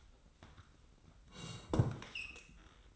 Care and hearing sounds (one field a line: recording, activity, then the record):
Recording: daily activity, microphone in the room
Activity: sit down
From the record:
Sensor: 3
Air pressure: 990.4 hPa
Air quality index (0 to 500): 168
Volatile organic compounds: 1000 ppm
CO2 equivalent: 5441 ppm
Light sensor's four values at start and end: 46/108/44/42 and 46/107/44/42